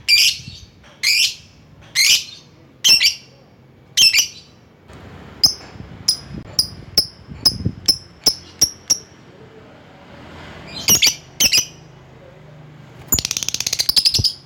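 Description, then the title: Lovebird calls, sharp high squawks in short bursts, then a run of clipped chirps, more squawks, and a rapid chattering series at the end. Lovebird calling a rival. "Lovebird Memanggil Lawan"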